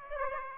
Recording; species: mosquito wingbeat signal from an infrared sensor; Aedes aegypti